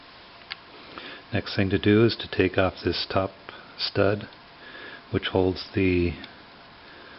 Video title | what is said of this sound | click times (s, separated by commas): Singer zigzag cam timing | and that takes the tension of this lever off of the cam then we can just pop the cam out | 0.5 s